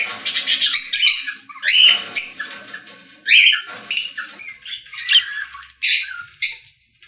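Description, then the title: Budgerigar calling with scratchy chirps and whistled notes, a busy run followed by spaced sharp squawks. "Budgie Sounds"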